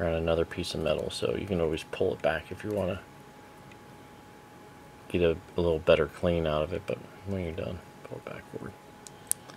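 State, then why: Seated. Someone talks while cleaning a vaporizer, then pulls a small metal piece with a rubber ring back into position in the vaporizer body. A sharp click sounds at 9.3 s as the piece snaps into place.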